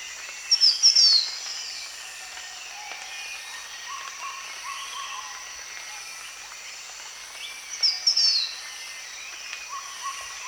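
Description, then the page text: Green Iora giving two brief bursts of high, sharp twittering notes about seven seconds apart, over a steady high background hum and faint lower bird notes. Recorded at Danum, Borneo, on 1 January 2008. "Sound of Green Iora at Danum by EDWARDS, David"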